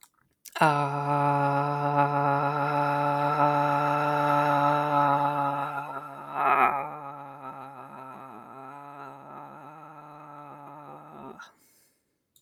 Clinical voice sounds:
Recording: vowel held as long as possible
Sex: male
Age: 20 to 29 years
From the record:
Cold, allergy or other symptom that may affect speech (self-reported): no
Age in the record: 23 years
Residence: Kentucky, United States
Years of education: 12

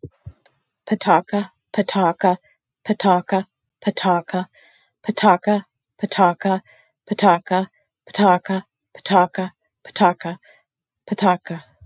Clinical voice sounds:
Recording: repeated syllables /pa ta ka/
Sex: female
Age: 60 to 69 years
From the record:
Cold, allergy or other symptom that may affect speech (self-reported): no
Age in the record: 60 years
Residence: Ohio, United States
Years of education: 16

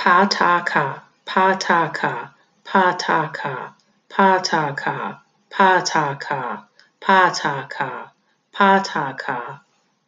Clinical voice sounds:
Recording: repeated syllables /pa ta ka/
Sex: female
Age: 40 to 49 years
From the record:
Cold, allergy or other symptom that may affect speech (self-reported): no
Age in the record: 43 years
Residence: Illinois, United States

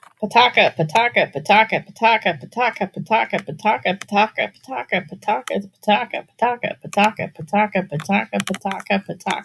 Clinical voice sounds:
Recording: repeated syllables /pa ta ka/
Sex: female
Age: 40 to 49 years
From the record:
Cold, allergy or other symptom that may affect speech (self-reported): no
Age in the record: 46 years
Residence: Pennsylvania, United States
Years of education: 16

